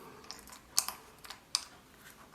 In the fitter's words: and then we'll push the battery in until it snaps in place just like that make sure